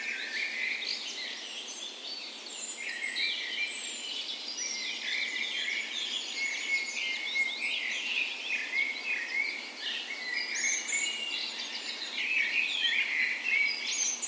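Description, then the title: Chorus of birds at dawn, a thick, continuous wash of high chirps, trills and warbling, growing a little louder toward the end. Dawn chorus recorded on the morning of 17 May, Norway's National Day, in a park west in Bergen, Norway, in spring; Sony PCM A10 recorder with LOM Usi microphones as "tree ears". "17th Of May Dawn Chorus"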